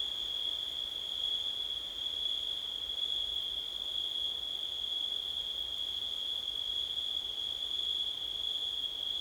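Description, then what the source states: Cricket calling in one continuous high trill at an even level, soft background noise beneath and no pauses. September night, with wind.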